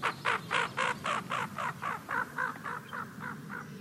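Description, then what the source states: Hooded Merganser croaking: a steady run of rough pulses about four per second, fading slightly toward the end. Male courtship croak given during courtship display; courtship and pair formation are underway by November.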